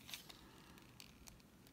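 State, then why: Not seated. A hinged plastic panel on a Transformers Studio Series Gamer Edition 02 Deluxe Class Barricade figure is worked toward the arm pieces during transformation. Only faint, scattered plastic ticks and light rubbing sounds are heard over a low background hum. Nothing has seated or clicked into the arm yet.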